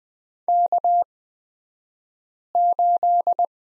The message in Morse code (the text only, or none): K8